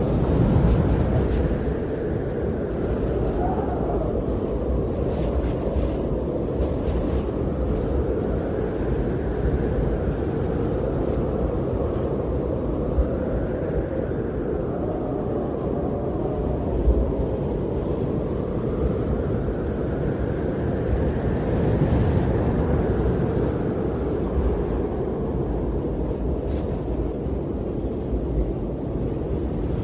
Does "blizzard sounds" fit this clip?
yes